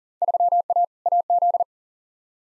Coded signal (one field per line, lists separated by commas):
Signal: Morse code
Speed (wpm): 40 wpm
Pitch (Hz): 700 Hz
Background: none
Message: 3A AZ